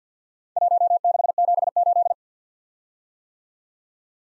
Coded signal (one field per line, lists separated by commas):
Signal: Morse code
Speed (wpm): 52 wpm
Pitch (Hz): 700 Hz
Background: none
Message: 1678